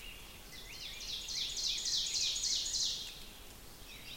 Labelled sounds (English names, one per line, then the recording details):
Ovenbird song
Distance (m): 45 m
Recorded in boreal forest in Alberta, Canada, on 5 June 2016 at 07:12
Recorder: SongMeter 3, array SBT-3-51
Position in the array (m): 262 m, 116 m
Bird 28